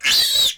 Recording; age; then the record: pig call; piglet (1 to 25 days)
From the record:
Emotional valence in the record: negative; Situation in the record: castration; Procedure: castration, shear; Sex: male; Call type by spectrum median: high-frequency call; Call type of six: high-frequency stable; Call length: 0.58 s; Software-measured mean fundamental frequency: 132 Hz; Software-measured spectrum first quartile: 3499 Hz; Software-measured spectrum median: 4217 Hz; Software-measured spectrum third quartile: 5824 Hz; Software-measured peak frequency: 3832 Hz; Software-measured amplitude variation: 127 dB a second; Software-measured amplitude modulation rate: 21.6 a second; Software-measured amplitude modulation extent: 5.9 dB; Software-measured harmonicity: 5.9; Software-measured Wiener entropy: -2.68